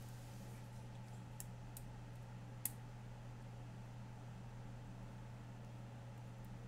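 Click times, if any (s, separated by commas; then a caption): 2.7 s. A keyboard part is pressed into the plate or case of a Sweet16 macro pad keyboard kit during assembly and snaps home, then is checked to be flush. Over a steady low hum, two faint ticks at about 1.4 and 1.8 seconds come before one sharp, loud snap at 2.7 seconds. The part is seated in place.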